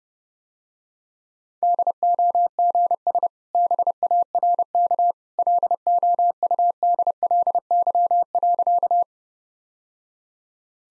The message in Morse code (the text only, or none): DOGS BARK LOUDLY.